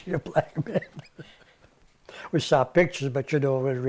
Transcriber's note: laughs